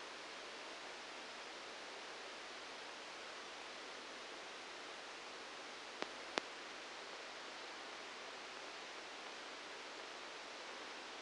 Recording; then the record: brain microelectrode recording played as sound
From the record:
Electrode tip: outside the subthalamic nucleus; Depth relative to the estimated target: -3 mm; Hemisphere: right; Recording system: NeuroSet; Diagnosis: Parkinson's disease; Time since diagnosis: 9 years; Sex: male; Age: 56 years